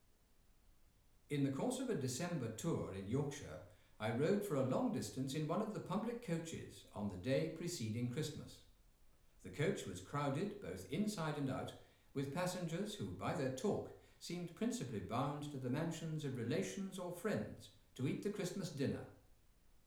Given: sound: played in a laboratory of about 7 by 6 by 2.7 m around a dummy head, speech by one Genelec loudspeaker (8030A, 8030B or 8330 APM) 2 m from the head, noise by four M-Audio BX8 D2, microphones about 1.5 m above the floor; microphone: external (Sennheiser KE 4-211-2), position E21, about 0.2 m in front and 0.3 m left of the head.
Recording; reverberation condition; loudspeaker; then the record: male speech in English; medium; 30 degrees to the right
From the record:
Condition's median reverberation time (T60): about 510 ms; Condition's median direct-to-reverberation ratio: about -0.5 dB